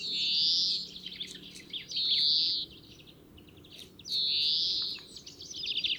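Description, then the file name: European greenfinch producing three long, nasal wheezing buzzes about two seconds apart, with faint twittering between them and a brief trill at the end. "Chloris chloris"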